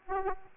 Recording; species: mosquito wingbeat signal from an infrared sensor; Aedes aegypti